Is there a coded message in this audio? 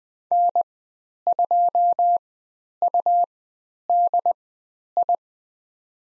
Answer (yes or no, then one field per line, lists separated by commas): yes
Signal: Morse code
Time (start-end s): 0.3-5.2 s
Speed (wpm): 20 wpm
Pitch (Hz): 700 Hz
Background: none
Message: N2UDI